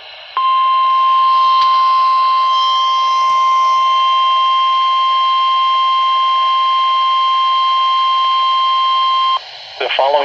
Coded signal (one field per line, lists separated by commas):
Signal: Emergency Alert System (SAME) tones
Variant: 1050 Hz attention tone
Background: speech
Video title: Noaa Weather Radio - High Wind Warning